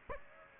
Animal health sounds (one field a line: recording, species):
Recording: mosquito wingbeat signal from an infrared sensor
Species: Aedes aegypti